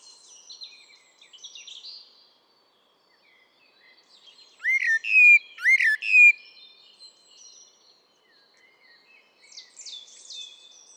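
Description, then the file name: Common blackbird giving one short phrase of mellow, slurred whistled notes with thin high notes, amid soft scattered chirps before and after. "Turdus merula"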